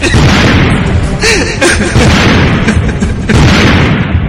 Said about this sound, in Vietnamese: Vì ngay sau đó thì xe đã phát nổ rồi.